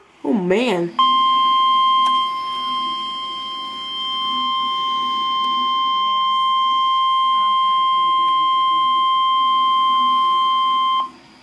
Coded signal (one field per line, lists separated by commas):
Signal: Emergency Alert System (SAME) tones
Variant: 1050 Hz attention tone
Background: speech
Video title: EAS Alert #335-338 (SVR & 3 Tornado Warnings, including a Tornado Emergency)